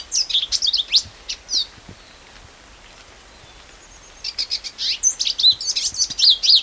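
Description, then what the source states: Lesser Goldfinch song, high twittering phrases and sharp notes in two bursts separated by a quiet gap. Song example containing call notes.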